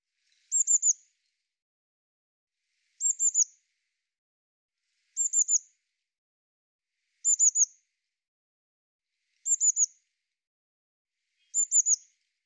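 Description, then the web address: Eurasian blue tit calling: six short clusters of rapid, high-pitched notes, evenly spaced about two seconds apart, with nothing else audible. "cianscape birddata Deverinetal 2025 File cleaned normalized Bird Cy Ca"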